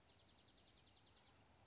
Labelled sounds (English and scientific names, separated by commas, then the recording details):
Dark-eyed Junco (Junco hyemalis)
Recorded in Sonoma County, California